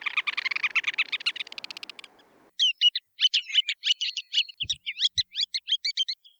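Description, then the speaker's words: Ruddy Turnstone with a fast run of harsh clipped notes, a short pause, then a jerky series of chattering kek notes. Hawaiian name ʻAkekeke is said to resemble its call, which sounds like kekekeke. "Their Hawaiian name, Akekeke, is similar to their call, which sounds a bit like kekekeke."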